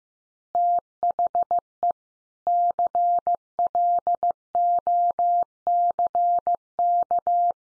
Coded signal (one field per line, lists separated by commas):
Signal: Morse code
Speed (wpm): 15 wpm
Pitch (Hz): 700 Hz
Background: none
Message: THE CLOCK